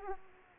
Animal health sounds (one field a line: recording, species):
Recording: mosquito wingbeat signal from an infrared sensor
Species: Aedes aegypti